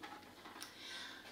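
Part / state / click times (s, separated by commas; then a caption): seal cap onto chest drain collection bottle / seated / 0.6 s. A plastic seal cap is pressed shut over a chest drain collection bottle after it has been filled with sterile water to the 10 mark. A single sharp click is heard at 0.6 s over a quiet background, showing that the seal has closed and seated properly.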